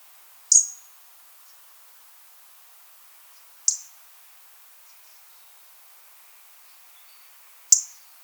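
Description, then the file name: European robin calls: single sharp high tick notes spaced about three to four seconds apart, with near silence between. "Erithacus rubecula"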